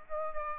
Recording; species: mosquito wingbeat signal from an infrared sensor; Aedes aegypti